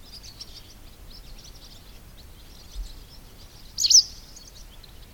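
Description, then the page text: White wagtail twittering faintly, then one louder sharp high chirp near the end. Spring. "linavästrik. spring"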